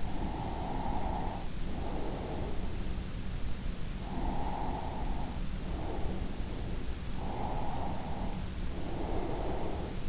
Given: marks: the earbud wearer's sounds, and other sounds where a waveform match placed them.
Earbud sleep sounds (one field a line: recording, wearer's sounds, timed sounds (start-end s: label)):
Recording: sounds in sleep by an in-ear microphone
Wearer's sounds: breath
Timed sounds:
0.00-3.22 s: breath
3.98-6.89 s: breath
7.17-10.09 s: breath